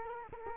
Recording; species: mosquito wingbeat signal from an infrared sensor; Culex quinquefasciatus